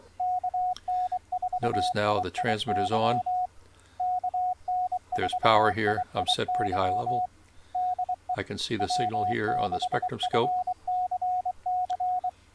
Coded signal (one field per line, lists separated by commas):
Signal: Morse code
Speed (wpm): 23 wpm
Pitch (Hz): 730 Hz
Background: speech, radio noise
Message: KN4IIY KN4IIY DE W6FCC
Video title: RS BA1 CW Mode Demo